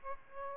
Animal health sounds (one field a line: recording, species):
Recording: mosquito wingbeat signal from an infrared sensor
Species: Aedes aegypti